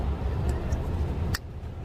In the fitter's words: Have that click, and then the last piece you need to connect is this part.